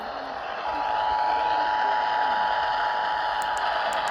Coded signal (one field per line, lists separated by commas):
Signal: Emergency Alert System (SAME) tones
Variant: 853 and 960 Hz attention tone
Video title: Eas svr on wbap 820am and kaam 770am Eas#1230- 1231)